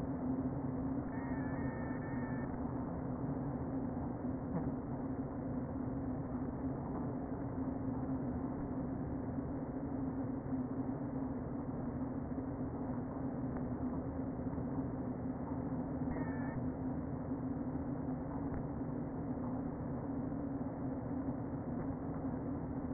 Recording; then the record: honeybee colony, microphone inside the hive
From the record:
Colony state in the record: queen present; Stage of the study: before two queens were removed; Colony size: about 60,000 bees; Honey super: yes